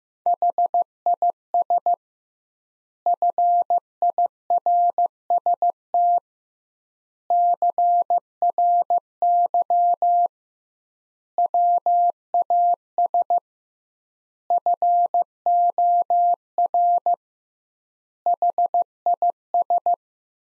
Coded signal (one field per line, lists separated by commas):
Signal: Morse code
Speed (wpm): 15 wpm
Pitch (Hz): 700 Hz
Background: none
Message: HIS FIRST CRY WAS FOR HIS